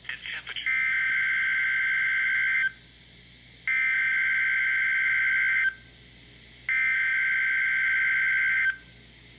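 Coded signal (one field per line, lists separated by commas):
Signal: Emergency Alert System (SAME) tones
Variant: header bursts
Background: speech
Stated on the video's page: Required weekly test from WXJ88 received on NOAA 120EZ and old Radio Shack 12-249 radios; the 12-249 produces a weird tone.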